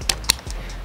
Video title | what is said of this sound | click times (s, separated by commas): Desert Tech WLVRN Bullpup rifle review | turn it till it clicks | 0.1 s, 0.3 s